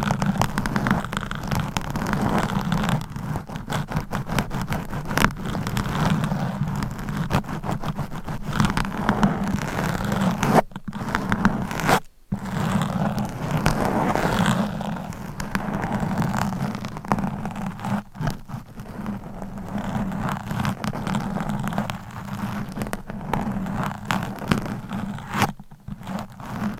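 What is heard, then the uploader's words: Scratching and tapping from a massage, a dense, continuous rasping with a steady low hum beneath it. The texture stays busy and fairly even throughout, broken by brief silent gaps near 11, 12 and 26 seconds, with occasional sharper taps scattered across. ASMR with CLAWS Changing Triggers Every 60 Seconds Scratching , Tapping , Massage etc No Talking.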